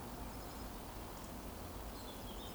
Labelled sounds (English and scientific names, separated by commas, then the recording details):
Eurasian Woodcock (Scolopax rusticola) whistle
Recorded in Baden-Württemberg, Germany, on 23 June 2020 at 20:10 UTC
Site 14569, 102 m above sea level